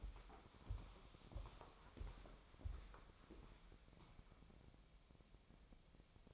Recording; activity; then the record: daily activity, microphone in the room; walk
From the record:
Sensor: 1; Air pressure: 1015.3 hPa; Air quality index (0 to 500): 130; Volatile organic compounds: 5 ppm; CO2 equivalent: 1784 ppm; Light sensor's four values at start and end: 12/29/12/13 and 12/30/12/13